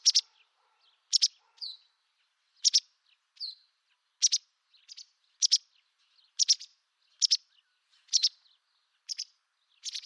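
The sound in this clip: Bird chirps, bright sharp double notes with some short downslurs, repeated in a fairly even series.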